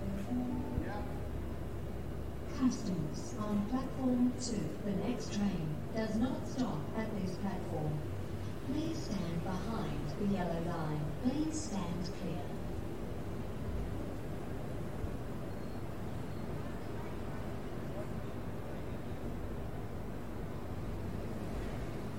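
A Sydney train platform while waiting for the train, with a woman's voice speaking clearly through roughly the first twelve seconds. Beneath it runs a steady low rumble of train and station noise, which carries on alone after the talking stops.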